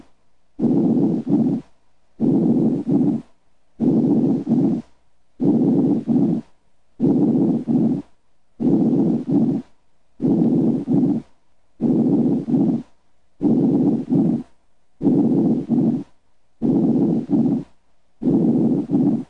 Diminished breath sounds, pleural effusion. A pleural effusion is the accumulation of fluid in the pleural space. This intrapleural fluid impairs the transmission of normal breath sounds because of acoustical mismatch. Consequently, breath sounds are diminished or absent over a pleural effusion.